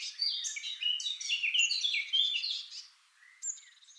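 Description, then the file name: Eurasian blackcap song: a rich, rapid warble of mixed scratchy and clear notes for about three seconds, a brief pause, then a short high phrase. "Sylvia atricapilla"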